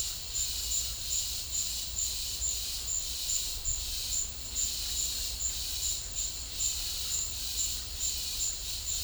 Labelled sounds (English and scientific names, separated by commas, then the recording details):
none
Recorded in pastures near Puerto Asís, Putumayo, Colombia, on 26 December 2024 at 12:30
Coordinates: 0.496, -76.326
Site G004